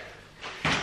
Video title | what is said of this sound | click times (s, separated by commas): BUGABOO CAMELEON 3 PLUS PUSHCHAIR/PRAM REVIEW 2019 | hear the click. And | 0.6 s